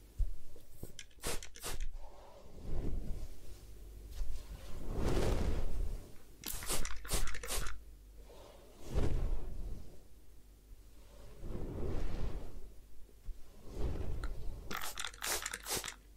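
Scratching and rubbing during a head spa session, with crisp crunchy bursts at about 1, 7 and 15 seconds between softer swishing strokes. The textures come in uneven waves, some bright and brittle, others muffled.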